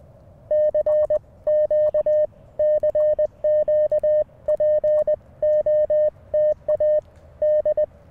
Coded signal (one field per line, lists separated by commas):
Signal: Morse code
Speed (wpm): 20 wpm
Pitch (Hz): 610 Hz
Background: none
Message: CQ CQ POTA D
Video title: Morning Morse Code w/ Mountain Topper MTR5B - 2/23/24